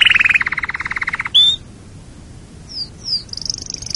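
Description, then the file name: Canary song snippet: a fast buzzy trill, a sharp note, a pause, then two slurred chirps and a high trill. "canarysong omkicau"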